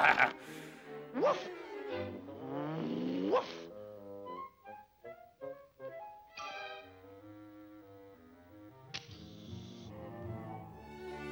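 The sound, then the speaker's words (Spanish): A dog yelps in a few sharp bursts between long, wavering whimpers and whines that slide up and down in pitch, with no one talking. “¡Qué tonto perro!”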